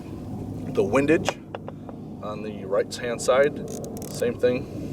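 Someone talks while handling the windage turret cap on a rifle scope, about to push the locking turret down to lock it. A few brief, faint ticks come at about 1.6, 1.7 and 1.9 s over a low steady rumble. Nothing has seated or clicked yet.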